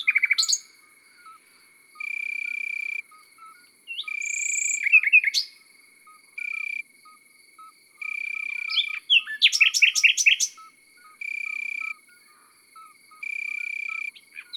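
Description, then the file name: Common nightingale song: scattered phrases of varied chirps and sharp downward notes, with one dense burst, among regular cricket trills. Heard in the countryside. "Rossignol philomele Chants doiseaux dans la campagne"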